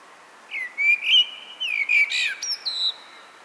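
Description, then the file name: Eurasian blackbird singing one rich, low fluting phrase that breaks into thin, high, scratchy twittering notes at the end. "Turdus merula"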